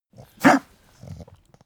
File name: pug gag smack medium